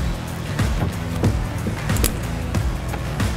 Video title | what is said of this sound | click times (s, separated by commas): S&B Tanks Install: 62 Gallon Replacement Tank For 2001-10 GM Duramax 6.6L, Crew Cab Short Bed | and if you twist it around you'll hear a click | 2.1 s